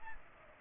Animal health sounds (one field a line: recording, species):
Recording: mosquito wingbeat signal from an infrared sensor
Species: Aedes aegypti